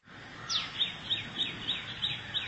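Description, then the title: Oriental magpie-robin song: a clear, high whistled note that slides downward, repeated quickly about three times a second over faint background hiss. Chirping song (kicauan) of the bird. "Suara Kicauan Burung Kacer Durasi Panjang"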